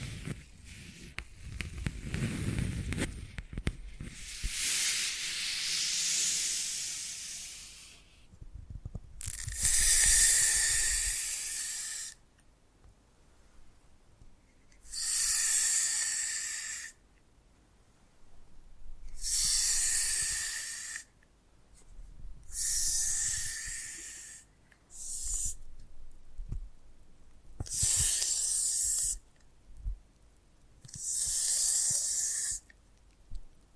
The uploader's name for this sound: Foam Massage